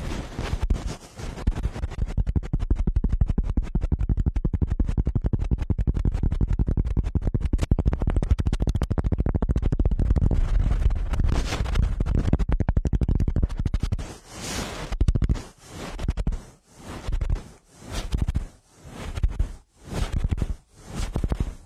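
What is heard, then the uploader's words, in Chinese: A goose-feather wand brushes, first as dense, steady crackling scratches, then from about fourteen seconds as slow, regular swishing strokes. 鹅毛棒 颅内开飞机 微暴力。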